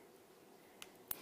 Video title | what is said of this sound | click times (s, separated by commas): JewelleryMaker LIVE 17/02/19 6pm-10pm | just goes in like that. And then you push it and you hear a little click, so it's secure. | 1.1 s